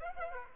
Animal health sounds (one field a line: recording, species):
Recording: mosquito wingbeat signal from an infrared sensor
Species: Aedes aegypti